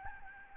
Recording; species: mosquito wingbeat signal from an infrared sensor; Aedes albopictus